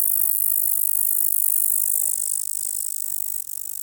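Insect call: a continuous, very high, hissing buzz made of rapid fine pulses, a little quieter in the second half.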